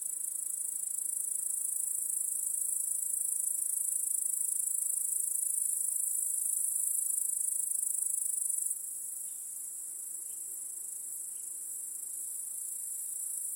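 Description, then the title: Crickets chirping in a dense high trill, loud for most before a sudden drop to a quieter chorus. Crickets chorusing in a home backyard at night. "Crickets in Your Backyard 🏡. Discovering the Sounds of Home"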